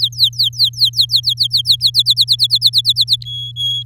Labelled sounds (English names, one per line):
Domestic Canary song